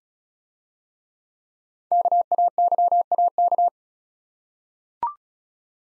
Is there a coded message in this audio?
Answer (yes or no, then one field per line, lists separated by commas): yes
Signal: Morse code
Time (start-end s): 1.9-3.7 s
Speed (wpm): 36 wpm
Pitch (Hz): 700 Hz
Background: none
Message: KAYAK